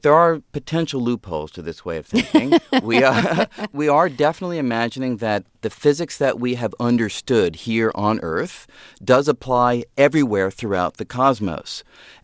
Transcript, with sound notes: There are potential loopholes to this way of thinking. (Soundbite of laughter) We are definitely imagining that the physics that we have understood here on Earth does apply everywhere throughout the cosmos.